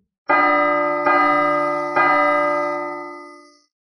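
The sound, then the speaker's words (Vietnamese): A resonant bell chimes three times in slow succession in a great hall as an auction is about to begin, each strike rich with layered harmonic overtones that ring on and slowly fade after the last stroke. “Bà tiếng chuông du dương truyền đến”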